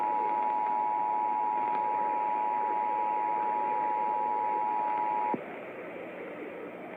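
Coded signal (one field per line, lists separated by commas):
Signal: Emergency Alert System (SAME) tones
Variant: 853 and 960 Hz attention tone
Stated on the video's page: Alerts during a severe weather outbreak, captured from four different stations.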